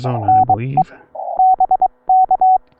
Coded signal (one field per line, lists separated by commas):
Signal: Morse code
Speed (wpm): 22 wpm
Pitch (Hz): 750 Hz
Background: speech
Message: NE BK